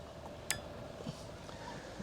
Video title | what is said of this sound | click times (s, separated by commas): Fliteboard assembly - How to assemble the Flite eFoil | and the black one into the black part until you hear a click | 0.5 s